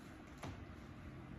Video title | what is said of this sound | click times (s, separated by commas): Colostomy care skills video | You hear it snap | 0.4 s